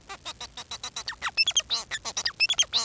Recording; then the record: song of a male Bengalese finch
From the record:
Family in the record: son of father 4